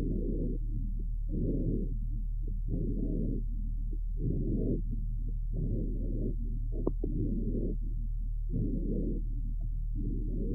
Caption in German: Lungenschall mit Rasselgeräuschen bei einem Fohlen.